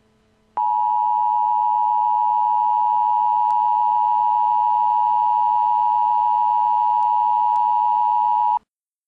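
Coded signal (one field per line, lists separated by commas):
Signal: Emergency Alert System (SAME) tones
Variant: 853 and 960 Hz attention tone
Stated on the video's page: Fictional EAS recreation of the message from the film "The Purge".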